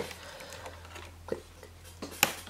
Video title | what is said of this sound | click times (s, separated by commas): Dell Optiplex 990 SFF Upgrade for games!!!! :) | click and click | 2.2 s